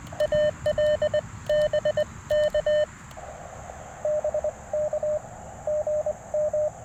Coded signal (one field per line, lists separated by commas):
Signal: Morse code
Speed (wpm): 20 wpm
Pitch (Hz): 590 Hz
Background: radio noise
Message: AL BK BK GM